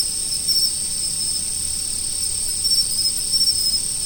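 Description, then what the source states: Insects trilling nonstop in two high shrill tones, with a few brief louder pulses over the constant chorus. Autumn insects.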